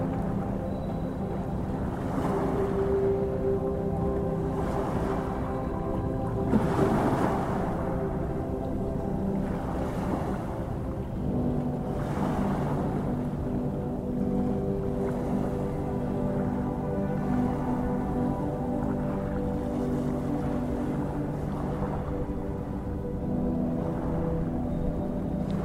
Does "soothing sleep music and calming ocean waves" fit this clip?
yes